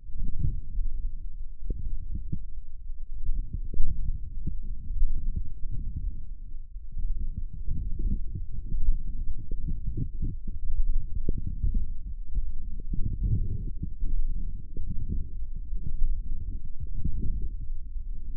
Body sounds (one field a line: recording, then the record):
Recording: forearm muscle sounds (acoustic myography)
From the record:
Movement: forearm supination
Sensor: system 1, eight BSWA MPA416 microphones around the upper forearm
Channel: 8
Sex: male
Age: 20 years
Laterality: left